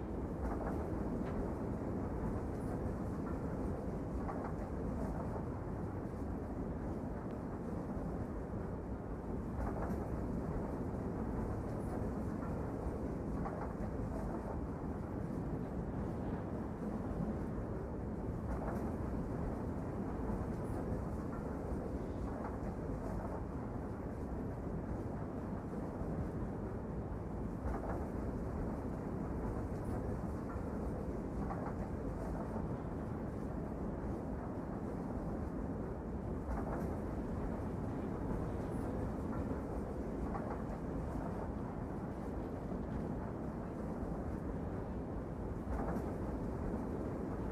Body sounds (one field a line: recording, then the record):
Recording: background sound without coughing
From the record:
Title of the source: Train Ride Ambience ambient white noise for sleeping, focus, studying, reading